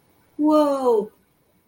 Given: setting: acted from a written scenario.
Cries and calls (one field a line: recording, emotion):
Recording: vocal sound without words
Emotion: elation